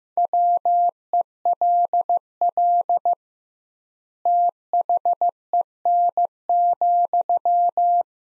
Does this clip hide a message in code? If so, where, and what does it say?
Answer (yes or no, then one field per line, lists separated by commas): yes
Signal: Morse code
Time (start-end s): 0.2-8.0 s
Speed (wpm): 16 wpm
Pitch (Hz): 700 Hz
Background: none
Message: WELL THEN,